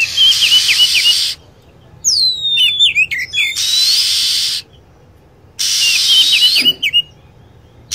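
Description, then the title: Lovebird produces stuttering high trilled chirps within harsh chatter, then a string of sharp falling whistles, with quiet gaps between bursts. Lure recording used to attract lovebirds. "PIKAT BURUNG LOVEBIRD"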